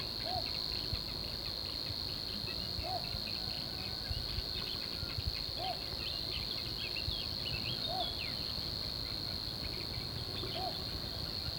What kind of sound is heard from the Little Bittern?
song